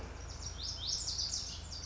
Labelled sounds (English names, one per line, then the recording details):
Lazuli Bunting
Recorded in Sonoma County, California